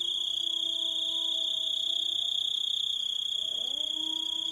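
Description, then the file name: Grasshopper trill: an unbroken high ringing tone, with a low steady hum that fades and then returns with a brief rising swell. "zvuki kuznechika"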